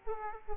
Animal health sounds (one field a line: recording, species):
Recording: mosquito wingbeat signal from an infrared sensor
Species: Aedes aegypti